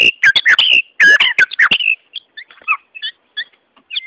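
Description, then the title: White-rumped shama song, a burst of loud varied whistles and clicks in the first two seconds, then sparse soft notes. Wild bird singing in forest; natural song. "Kicau Asli Murai Batu Hutan"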